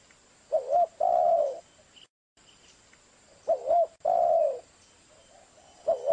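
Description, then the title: Spotted dove giving two cooing phrases about three seconds apart, each a short double note then a longer rolling coo, with a brief dropout after the first and the start of a third at the end. Lure recording used for trapping doves; a compilation of calls. "Pikat Burung Tekukur"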